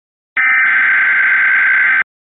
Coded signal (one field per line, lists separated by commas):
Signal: Emergency Alert System (SAME) tones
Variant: header bursts